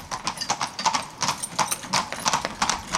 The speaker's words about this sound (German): Doch damals wie heute erwartet den Gast ein typisches Geräusch der Insel: das Pferdegetrappel.